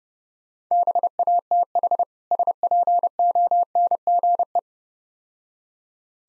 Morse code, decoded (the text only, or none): BATH SPONGE